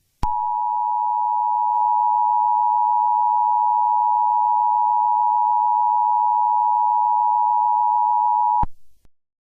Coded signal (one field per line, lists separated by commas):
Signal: Emergency Alert System (SAME) tones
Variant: 853 and 960 Hz attention tone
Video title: EAS Scenario/Analog Horror - Hell’s Takeover